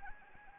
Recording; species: mosquito wingbeat signal from an infrared sensor; Anopheles gambiae